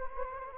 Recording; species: mosquito wingbeat signal from an infrared sensor; Anopheles gambiae